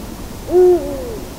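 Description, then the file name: Eurasian eagle-owl hooting once, a short low even note, accompanied by a soft drawn-out tonal glide that continues after it over a faint hiss. Recorded at Landshut on 24 January 2015. "Uhu 24 01 2015 Landshut LA Susanne Rieck"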